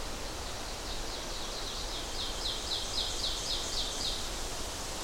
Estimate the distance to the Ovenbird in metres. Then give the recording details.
about 55 m. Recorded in boreal forest in Alberta, Canada, on 12 June 2016 at 08:54. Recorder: SongMeter 3, array SBT-3-18. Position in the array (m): 90 m, 293 m. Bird 32